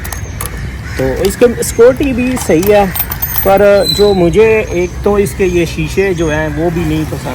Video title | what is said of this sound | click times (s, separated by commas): Honda CB 150F - Bike Reviews - Over Ratings and Opinions #petrol #topspeed #honda150cf | ये ऐसे आप अब अनलॉक होगी | 0.1 s, 0.4 s, 0.5 s